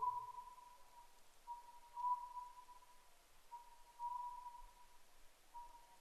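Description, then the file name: Oriental scops owl repeating mellow, even-pitched whistled notes roughly every two seconds, faint against a quiet background. 10 May 2010 at 01:03. "konohazuku 20100510-0103"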